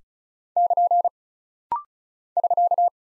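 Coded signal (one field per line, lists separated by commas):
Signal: Morse code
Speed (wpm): 36 wpm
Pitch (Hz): 700 Hz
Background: none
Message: <KN> <SK>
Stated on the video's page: Rapid-fire head-copy drill of single punctuation and prosign characters at 35 wpm, each character sent in Morse twice.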